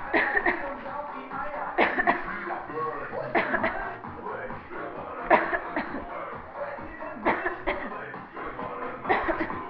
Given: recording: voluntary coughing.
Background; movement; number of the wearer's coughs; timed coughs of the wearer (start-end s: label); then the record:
music; walking; 12
0.11-0.41 s: cough
0.41-0.75 s: cough
1.75-2.05 s: cough
2.04-2.31 s: cough
3.32-3.61 s: cough
3.61-3.86 s: cough
5.27-5.61 s: cough
5.74-6.00 s: cough
7.24-7.52 s: cough
7.65-7.88 s: cough
9.06-9.38 s: cough
9.38-9.68 s: cough
From the record:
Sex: female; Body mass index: 18.3 kg/m2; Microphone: on the chest, facing the body